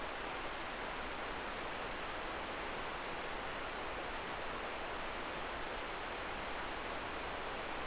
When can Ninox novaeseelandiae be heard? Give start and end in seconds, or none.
none